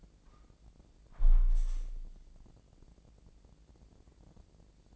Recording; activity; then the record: daily activity, microphone in the room; close window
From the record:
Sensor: 5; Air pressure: 1012.4 hPa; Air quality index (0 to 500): 160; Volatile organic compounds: 2 ppm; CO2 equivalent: 1088 ppm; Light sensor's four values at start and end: 66/159/65/68 and 66/160/65/68